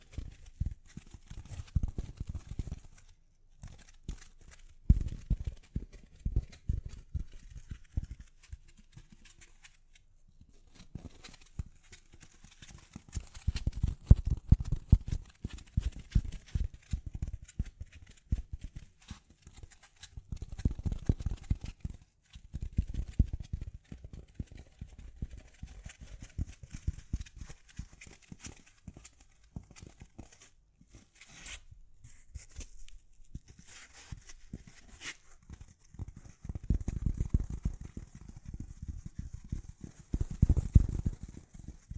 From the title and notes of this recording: ASMR Gently Tapping You to Sleep (No Talking).